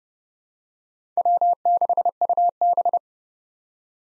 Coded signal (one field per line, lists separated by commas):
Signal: Morse code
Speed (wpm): 30 wpm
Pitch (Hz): 700 Hz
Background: none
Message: W6UB